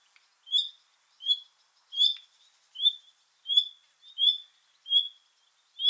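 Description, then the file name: Common nightingale calling with brief, clear high notes, evenly spaced about every two-thirds of a second throughout. "Luscinia megarhynchos"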